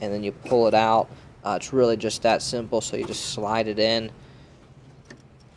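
Someone talks as a hard drive in its tray is slid into the front drive bay of a Dell PowerEdge R730 rack server. A short, faint latch click is heard at 5.1 s as the drive caddy seats fully in the bay.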